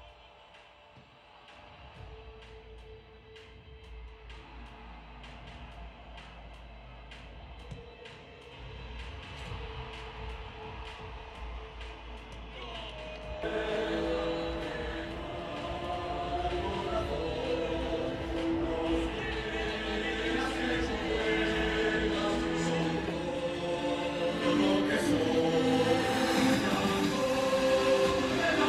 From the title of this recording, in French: Carte sonore de Madrid